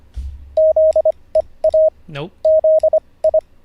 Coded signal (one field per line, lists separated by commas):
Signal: Morse code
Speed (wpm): 25 wpm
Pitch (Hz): 630 Hz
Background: none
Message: ZEA ZI